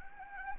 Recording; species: mosquito wingbeat signal from an infrared sensor; Anopheles gambiae